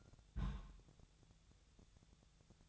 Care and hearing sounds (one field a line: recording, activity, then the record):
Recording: daily activity, microphone in the room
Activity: place on stove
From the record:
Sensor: 3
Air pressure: 999.2 hPa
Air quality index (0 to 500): 197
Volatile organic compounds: 44 ppm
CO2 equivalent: 3214 ppm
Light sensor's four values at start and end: 7/17/7/7 and 7/17/7/7